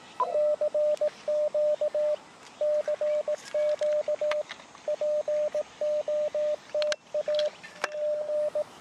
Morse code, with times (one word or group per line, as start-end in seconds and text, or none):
0.3-2.1 CQ
2.6-4.4 CQ
4.9-7.5 POTA
8.0-8.6 G